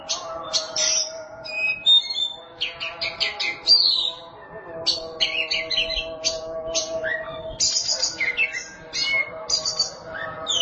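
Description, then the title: Oriental magpie-robin pouring out a rich song of clustered sharp notes, trills and whistles, broken by short pauses. Song (kicauan). "Suara Kicauan Burung Kacer Durasi Panjang"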